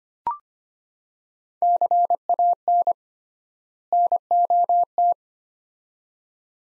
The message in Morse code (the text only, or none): CAN NOT